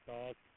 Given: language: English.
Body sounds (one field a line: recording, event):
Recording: throat vibration sensor signal played as sound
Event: speech